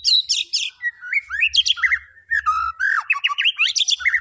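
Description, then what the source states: White-rumped shama song, a fast, varied run of whistled notes and buzzy rising trills, with sharp high chips and brief pauses between phrases. Lure recording of a vigorously singing white-rumped shama (murai batu gacor), meant to provoke other birds into responding.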